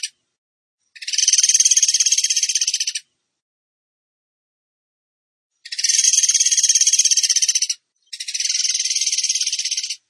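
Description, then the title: Bird song in long, rapid, buzzy trills of about two seconds each, high-pitched and steady, with a long pause after the first and only a brief gap before the last. Masteran song in the tembakan gacor style. "Masteran Burung Tembakan Gacor"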